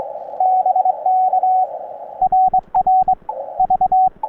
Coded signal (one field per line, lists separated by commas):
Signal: Morse code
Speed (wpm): 22 wpm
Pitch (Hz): 750 Hz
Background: radio noise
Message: BK RR V